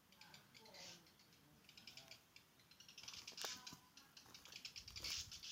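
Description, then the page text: Black redstart giving thin, high scratchy notes and sharp ticks in quick irregular series, with a few lower faint chirps early on. Ladakh. "black redstart – Birds of Ladakh"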